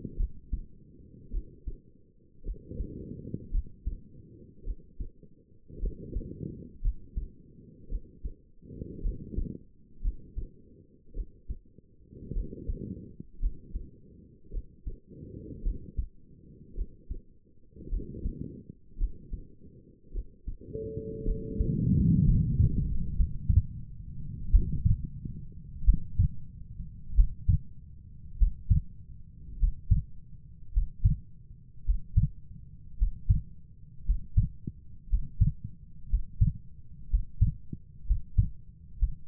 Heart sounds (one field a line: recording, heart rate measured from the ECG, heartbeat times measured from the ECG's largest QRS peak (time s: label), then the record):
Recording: heart sounds by stethoscope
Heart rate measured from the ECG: 54 bpm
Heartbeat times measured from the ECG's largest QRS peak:
0.17 s: heartbeat
1.31 s: heartbeat
2.44 s: heartbeat
3.52 s: heartbeat
4.64 s: heartbeat
5.80 s: heartbeat
6.82 s: heartbeat
7.89 s: heartbeat
9.02 s: heartbeat
10.02 s: heartbeat
11.14 s: heartbeat
12.33 s: heartbeat
13.40 s: heartbeat
14.51 s: heartbeat
15.63 s: heartbeat
16.75 s: heartbeat
17.90 s: heartbeat
18.98 s: heartbeat
20.12 s: heartbeat
21.25 s: heartbeat
22.24 s: heartbeat
23.16 s: heartbeat
24.50 s: heartbeat
25.84 s: heartbeat
27.14 s: heartbeat
28.37 s: heartbeat
29.58 s: heartbeat
30.72 s: heartbeat
31.84 s: heartbeat
32.97 s: heartbeat
34.05 s: heartbeat
35.08 s: heartbeat
36.09 s: heartbeat
37.09 s: heartbeat
38.06 s: heartbeat
38.98 s: heartbeat
From the record:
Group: healthy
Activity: rest 0-21 s, Valsalva maneuver 21-39 s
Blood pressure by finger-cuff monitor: 91/56 mmHg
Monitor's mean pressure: 68 mmHg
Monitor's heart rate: 54 bpm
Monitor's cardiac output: 4.8 L/min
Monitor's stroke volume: 89 mL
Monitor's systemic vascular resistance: 1020 dyn s/cm5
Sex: female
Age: 28 years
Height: 170 cm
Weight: 77 kg